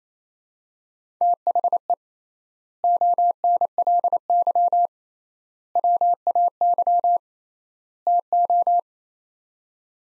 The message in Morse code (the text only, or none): THE ONLY WAY TO